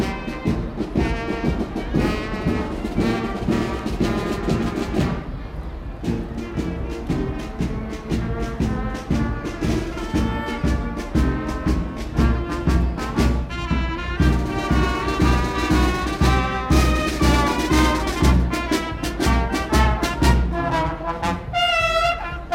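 A marching band plays during a children's parade, with a steady, regular drum beat under full, bright brass melody lines. The music stays dense throughout, easing briefly around five to six seconds, and a shrill rising tone stands out near the end.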